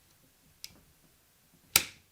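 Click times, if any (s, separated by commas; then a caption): none. The steel hammer (cock) in the lock mechanism of a rusty flintlock pistol is pulled back, where it should click into half-cock and then full-cock. A faint tick comes at 0.6 s and a much louder, sharp snap at 1.8 s that rings briefly. The hammer does not hold and there is no catch, so nothing has clicked into half-cock or full-cock.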